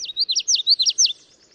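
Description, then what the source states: Common Yellowthroat song: a fast, bright series of repeated wavering phrases, ending abruptly with a faint tail. A male singing; song pattern remembered as witchity, witchity, witchity.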